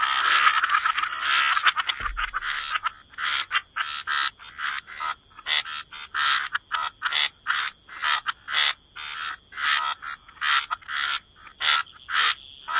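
Frog chorus starting dense, then thinning into separate short croaks in quick succession, with a low thump near the start and steady background hiss.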